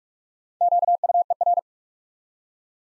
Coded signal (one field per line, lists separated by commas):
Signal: Morse code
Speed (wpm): 44 wpm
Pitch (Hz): 700 Hz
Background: none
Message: QUER